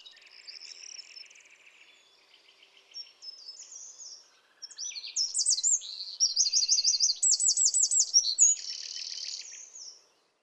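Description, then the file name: Eurasian wren song, opening with soft high twitters, then a loud, fast, high-pitched burst of tumbling notes and buzzy trills over the last five seconds. "Troglodytes troglodytes"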